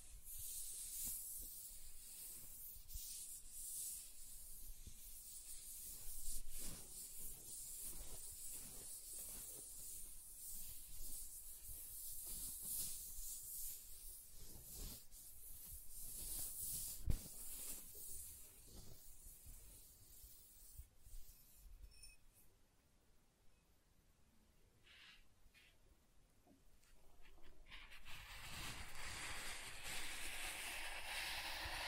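Soft tracing over smooth and rough surfaces, a continuous gentle rubbing with a bright hissy edge and frequent small scratchy strokes. Around 22–27 seconds it thins to near quiet with faint light scrapes, then a denser, brighter rubbing resumes toward the end.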